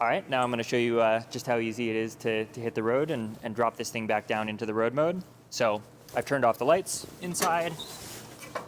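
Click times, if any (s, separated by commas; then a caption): none. Someone talks while preparing a Lightship AE.1 Cosmos Edition travel trailer for road travel, with the inside lights turned off, just before its retractable entry steps are raised to latch into the trailer body. Speech fills the clip, with only brief quieter gaps near the end. The steps have not yet locked into place, and nothing has seated or clicked.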